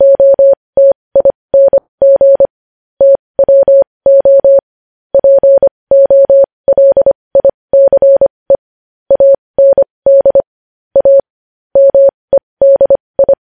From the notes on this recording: Morse code